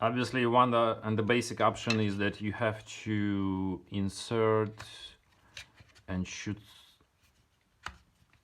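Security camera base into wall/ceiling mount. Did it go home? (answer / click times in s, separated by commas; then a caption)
yes / 7.9 s. Someone talks while the plastic base of a Tapo C216 indoor/outdoor security camera is twisted onto its wall/ceiling mount plate. A short, sharp click sounds at 7.9 s as the base locks, seating the camera so it holds to the ceiling.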